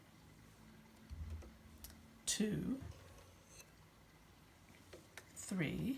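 The upper thread is guided by hand toward the take-up lever while threading a computerised sewing machine, with light handling noises, a few faint ticks and someone talking. The thread has not clicked into the take-up lever yet.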